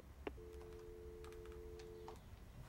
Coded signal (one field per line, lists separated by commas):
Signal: telephone call progress tone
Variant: North America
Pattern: dial tone